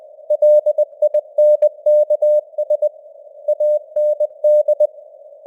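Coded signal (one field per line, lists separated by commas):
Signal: Morse code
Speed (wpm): 20 wpm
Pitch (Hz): 600 Hz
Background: none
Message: LINKS AND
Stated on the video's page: News headlines sent in Morse at 20 wpm with simulated radio noise and varying signal strength (QSB); an experiment.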